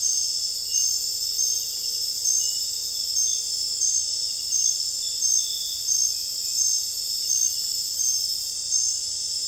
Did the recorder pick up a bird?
no